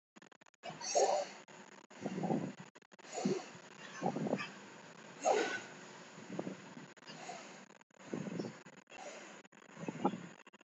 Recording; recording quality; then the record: shallow breathing; moderate, slight background noise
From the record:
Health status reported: healthy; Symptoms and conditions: none ticked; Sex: male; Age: 25 years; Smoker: not ticked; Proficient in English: yes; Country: India